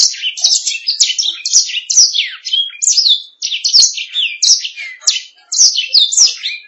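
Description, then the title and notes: Canary delivering a dense, rapid series of sweeping high chirps and warbled trills, steady throughout with only tiny breaks. "Suara Burung Kenari"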